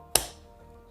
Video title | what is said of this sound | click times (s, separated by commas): How to Safely Care for Children and Young People with Type 1 Diabetes | push the yellow end to the skin and push down listen for the click | 0.2 s